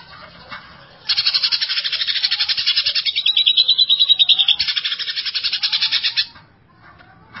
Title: Cucak ijo